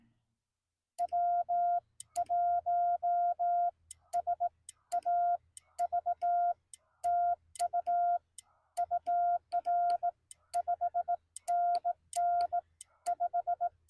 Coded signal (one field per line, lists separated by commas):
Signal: Morse code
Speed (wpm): 18 wpm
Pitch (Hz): 690 Hz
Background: none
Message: W1SAV TU UR 5NN 5